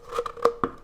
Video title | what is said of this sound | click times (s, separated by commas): Testing Strange & Useful Amazon Gadgets! | so this must snap on there it doesn't screw on there there you go oh it snapped in place | 0.6 s